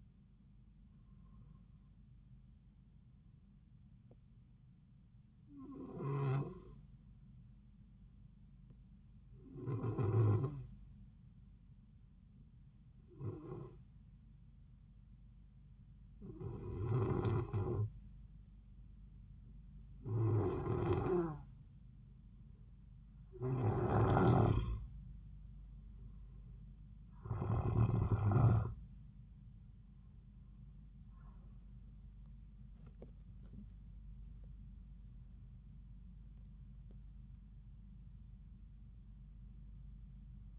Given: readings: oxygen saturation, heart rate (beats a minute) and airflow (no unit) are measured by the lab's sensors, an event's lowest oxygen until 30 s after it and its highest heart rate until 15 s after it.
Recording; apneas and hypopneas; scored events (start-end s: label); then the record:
breathing in sleep by a smartphone at the bedside; 1
8.00-24.40 s: hypopnea (N2, oxygen 94% highest, then 91% lowest)
From the record:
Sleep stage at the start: N2 (light sleep); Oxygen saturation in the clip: 91 to 94%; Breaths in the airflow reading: 11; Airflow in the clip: -5.1 to 8.8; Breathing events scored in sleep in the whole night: 270 in 6.1 hours asleep